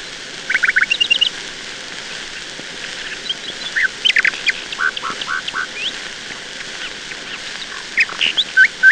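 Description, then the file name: Nightingale song: short separate phrases of sharp rising notes and brief trills, each phrase followed by a pause, over a steady hiss. "Solovei"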